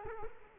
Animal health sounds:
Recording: mosquito wingbeat signal from an infrared sensor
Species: Culex quinquefasciatus

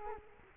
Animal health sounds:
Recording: mosquito wingbeat signal from an infrared sensor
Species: Culex quinquefasciatus

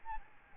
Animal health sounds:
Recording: mosquito wingbeat signal from an infrared sensor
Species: Aedes albopictus

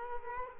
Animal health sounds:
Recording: mosquito wingbeat signal from an infrared sensor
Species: Culex quinquefasciatus

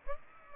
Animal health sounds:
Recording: mosquito wingbeat signal from an infrared sensor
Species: Aedes aegypti

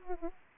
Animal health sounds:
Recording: mosquito wingbeat signal from an infrared sensor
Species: Aedes aegypti

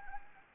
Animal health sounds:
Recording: mosquito wingbeat signal from an infrared sensor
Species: Anopheles arabiensis

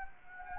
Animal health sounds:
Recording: mosquito wingbeat signal from an infrared sensor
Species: Anopheles gambiae

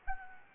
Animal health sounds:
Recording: mosquito wingbeat signal from an infrared sensor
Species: Anopheles gambiae

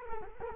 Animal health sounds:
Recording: mosquito wingbeat signal from an infrared sensor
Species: Culex quinquefasciatus

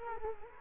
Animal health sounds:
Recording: mosquito wingbeat signal from an infrared sensor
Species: Culex quinquefasciatus

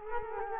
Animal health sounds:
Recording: mosquito wingbeat signal from an infrared sensor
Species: Culex quinquefasciatus

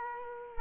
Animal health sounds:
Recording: mosquito wingbeat signal from an infrared sensor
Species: Culex quinquefasciatus

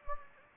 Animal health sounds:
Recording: mosquito wingbeat signal from an infrared sensor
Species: Anopheles gambiae

